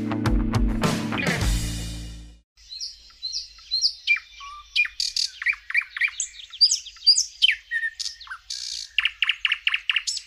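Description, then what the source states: Thrush nightingale song follows a short burst of music: a rapid run of clicks, whistles and repeated sharp notes, building into a fast series of loud, even strokes. Trills of a summer visitor to Romania, in urban parks and gardens, forest edges, dense riverside thickets and willow areas; sings all day, strongest near midnight, audible from kilometres away.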